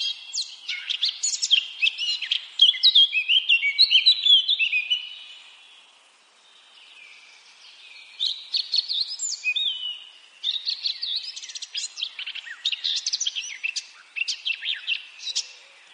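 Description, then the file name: Eurasian blackcap song, a busy run of varied twittering and warbled notes that fades out for several seconds, then returns as rapid scratchy chatter. "Sylvia atricapilla"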